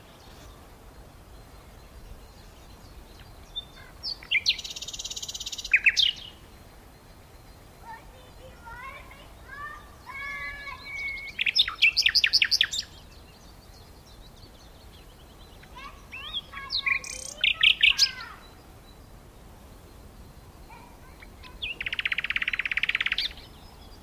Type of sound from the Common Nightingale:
song